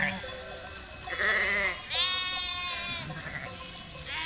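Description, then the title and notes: Sheep bleats, a few long quavering calls with softer bleats from other animals. Flock of 467 sheep and lambs moving and grazing grass and wild garlic on a spring day at Chindrieux, France; binaural recording with Fostex FR2 LE, recordist travelling by bicycle. "847 Rue de Vars, 73310 Chindrieux, France - Troupeau de moutons. En ce jour de printemps, au beau milieu d'un troupeau de 467 moutons et agneaux. Bêlements en chorale très spacialisée et en mouvement"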